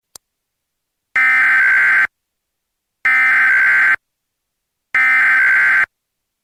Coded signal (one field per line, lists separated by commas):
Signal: Emergency Alert System (SAME) tones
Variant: header bursts